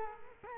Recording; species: mosquito wingbeat signal from an infrared sensor; Culex quinquefasciatus